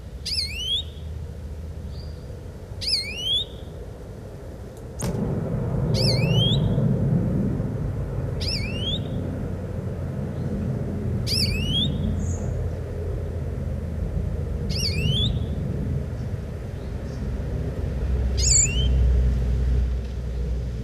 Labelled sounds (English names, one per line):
European Greenfinch call